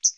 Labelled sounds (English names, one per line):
Hooded Warbler flight call